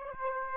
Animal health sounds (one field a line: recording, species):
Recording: mosquito wingbeat signal from an infrared sensor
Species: Aedes aegypti